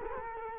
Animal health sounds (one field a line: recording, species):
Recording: mosquito wingbeat signal from an infrared sensor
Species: Culex quinquefasciatus